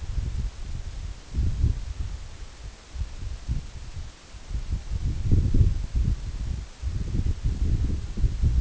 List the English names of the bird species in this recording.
none